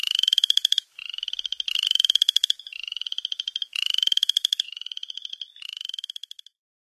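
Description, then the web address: Upland chorus frog chorus, with loud creaking pulsed trills that rise slightly, following one another almost without pause, softer trills filling the gaps. North America. "Songs of Frogs Toads of North America. Upland Chorus Frog"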